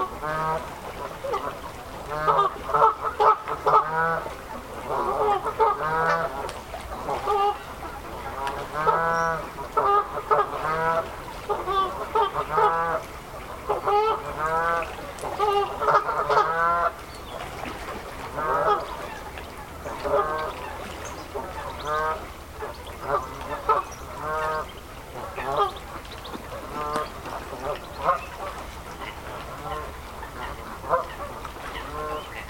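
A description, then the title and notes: Wildfowl call almost without pause, a dense crowd of honking, goose-like voices overlapping in quick, uneven bursts. The calls sit in a mid-to-bright range and swell and thin out every few seconds. A low, steady rumble runs underneath throughout. The soothing calls of wildfowl through the mist on the Avalon Marshes. It's a wintry afternoon on the Somerset Levels. In the pre-dusk light, you watch as a thin mist evolves from the reeds and settles on the ice. Undeterred by the by the frigid conditions are coots int their scores. Recorded by Daniel Graham.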